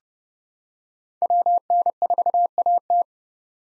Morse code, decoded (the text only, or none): WN4AT